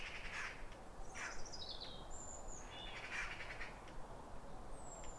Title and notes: Be uplifted by a chorus of New Year's robins. A pair of robins in neighbouring gardens welcome the early sun with wistful phrases as if chatting over the fence. It's a duet to warm the soul in the depths of winter. Recorded by Fergus Collins